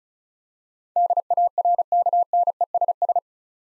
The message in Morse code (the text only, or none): DARKNESS